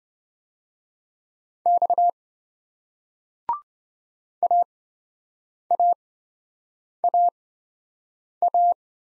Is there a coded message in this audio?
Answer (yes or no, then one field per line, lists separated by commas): yes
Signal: Morse code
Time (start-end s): 1.7-8.7 s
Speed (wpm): 26 wpm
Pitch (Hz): 700 Hz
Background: none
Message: X AAAA